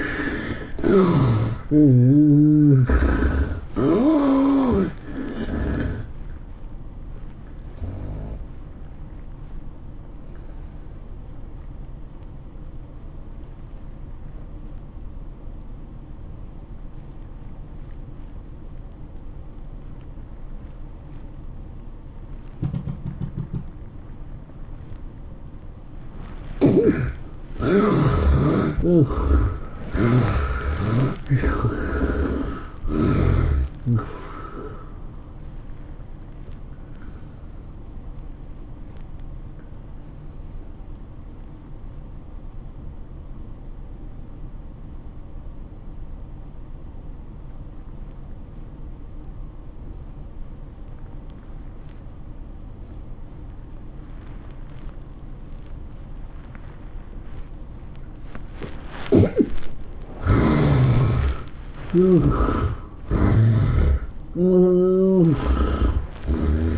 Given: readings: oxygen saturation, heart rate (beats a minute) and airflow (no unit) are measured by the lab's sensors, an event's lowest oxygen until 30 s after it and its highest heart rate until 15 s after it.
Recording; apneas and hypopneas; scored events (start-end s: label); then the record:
breathing in sleep by a smartphone at the bedside; 2
8.00-28.40 s: obstructive apnea (N2, oxygen 97% highest, then 73% lowest, heart rate 107 at the start, 108 highest)
37.00-66.78 s: new sleep stage, N1 (lightest sleep)
45.00-61.70 s: obstructive apnea (N1, oxygen 93% highest, then 73% lowest, heart rate 97 at the start, 111 highest)
From the record:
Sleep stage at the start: N2 (light sleep); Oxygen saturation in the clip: 73 to 97%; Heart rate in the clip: 84 to 108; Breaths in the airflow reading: 10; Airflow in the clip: -13.8 to 12.3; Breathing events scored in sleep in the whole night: 403 in 5.5 hours asleep